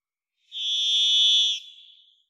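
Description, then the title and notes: Varied thrush's lone eerie whistled note, buzzy and steady in pitch, lasting about a second before a quiet fading tail. Song, Pacific Northwest, Washington, United States; parabolic single-species recording, processed for clarity with natural pace and rhythm maintained. "Varied Thrush, clean. Varied Thrush, Ixoreus naevius, song, parabolic single-species recording, processed for clarity, natural pace and rhthym maintained Recorded in the beautiful Pacific Northwest, Washington, United States"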